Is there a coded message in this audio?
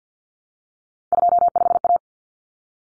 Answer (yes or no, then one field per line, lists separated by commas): yes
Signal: Morse code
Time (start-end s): 1.1-2.0 s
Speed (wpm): 50 wpm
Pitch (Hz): 700 Hz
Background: none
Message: 25A